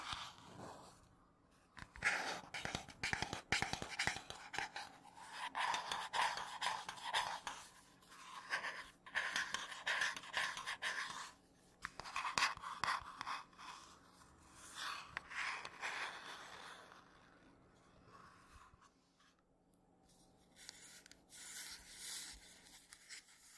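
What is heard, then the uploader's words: Scratchy tapping and rubbing on matte surfaces, in bursts of dense fast scraping separated by short pauses around 1, 11–12 and 18–20 seconds. The scratches sound dry and papery, with sharp tap clicks scattered through. A faint low hum runs underneath. Scratchy Tapping on 3 Matte Surfaces (NO TALKING).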